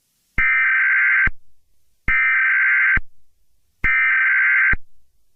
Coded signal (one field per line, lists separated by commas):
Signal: Emergency Alert System (SAME) tones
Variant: header bursts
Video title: EAS Scenario #84: Flying Toilets?